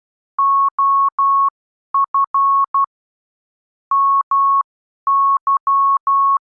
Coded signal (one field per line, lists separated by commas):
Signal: Morse code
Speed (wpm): 12 wpm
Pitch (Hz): 1100 Hz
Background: none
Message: OF MY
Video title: Improve Your Morse Code: The Next Stage - Subconscious Familiarisation